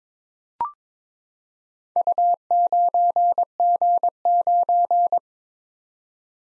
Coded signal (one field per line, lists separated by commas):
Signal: Morse code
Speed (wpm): 22 wpm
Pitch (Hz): 700 Hz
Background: none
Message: U9G9